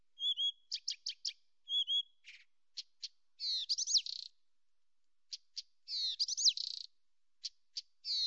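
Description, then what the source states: Blyth's reed warbler singing a varied medley of clear slurred whistles, sharp clicks and buzzy rising-falling phrases, delivered in bursts separated by short silences. Nominate subspecies Acrocephalus dumetorum dumetorum.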